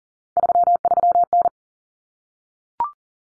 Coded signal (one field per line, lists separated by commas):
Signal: Morse code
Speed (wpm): 40 wpm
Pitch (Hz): 700 Hz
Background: none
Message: 33N